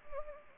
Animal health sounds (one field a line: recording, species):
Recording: mosquito wingbeat signal from an infrared sensor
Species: Anopheles arabiensis